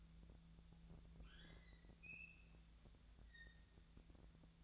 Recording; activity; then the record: daily activity, microphone in the room; open fridge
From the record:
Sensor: 3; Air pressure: 1000.0 hPa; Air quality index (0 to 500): 132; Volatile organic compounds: 2 ppm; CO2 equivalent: 1184 ppm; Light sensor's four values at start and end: 35/89/37/41 and 35/89/37/41